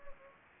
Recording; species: mosquito wingbeat signal from an infrared sensor; Anopheles gambiae